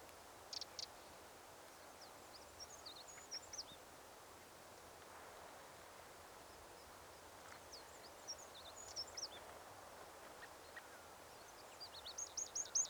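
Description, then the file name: Eurasian wren calling with thin, high ticking notes scattered throughout, then a quick burst of sharp rapid notes near the end, over steady low background hiss. "Troglodytes troglodytes"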